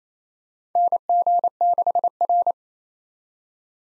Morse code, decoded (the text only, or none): NG6R